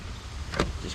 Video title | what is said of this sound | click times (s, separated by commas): Installing M Performance Kidney Grille on my BMW 328i GT! *Updated Video* F Chassis F30,F31,F32,F34 | clicks right in look | 0.6 s